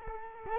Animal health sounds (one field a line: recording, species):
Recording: mosquito wingbeat signal from an infrared sensor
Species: Culex quinquefasciatus